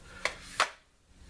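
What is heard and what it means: The small retaining pin for the folding trigger guard on a Kel-Tec SU-16CA polymer rifle is pushed back into the stock. Two sharp clicks are heard at about 0.3 and 0.6 seconds as the pin pops into place and seats.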